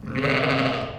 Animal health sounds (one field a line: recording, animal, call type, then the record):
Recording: contact call of a hoofed animal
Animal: sheep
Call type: low-frequency (closed-mouth) or high-frequency (open-mouth) call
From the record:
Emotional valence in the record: negative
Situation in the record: short social isolation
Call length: 0.98 s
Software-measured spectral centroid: 1840 Hz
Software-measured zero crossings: 2020 a second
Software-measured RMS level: -24 dBFS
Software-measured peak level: -8 dBFS